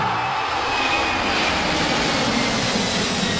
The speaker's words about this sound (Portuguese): basta você anotar quantas vezes você ouve o Avião do Estádio 97 passar